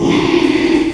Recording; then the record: squeal of a Yucatan mini pig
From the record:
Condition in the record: after surgery on the right vocal fold (resection and tissue-engineered implant); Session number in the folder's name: 1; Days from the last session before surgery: 6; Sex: male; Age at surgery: 12 weeks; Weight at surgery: 13 kg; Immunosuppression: cyclosporine, prednisolone